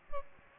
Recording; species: mosquito wingbeat signal from an infrared sensor; Aedes aegypti